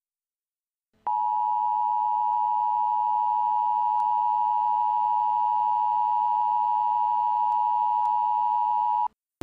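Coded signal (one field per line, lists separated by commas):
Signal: Emergency Alert System (SAME) tones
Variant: 853 and 960 Hz attention tone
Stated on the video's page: Tornado warning EAS alerts, including two PDS tornado warnings, issued for the Trenton area.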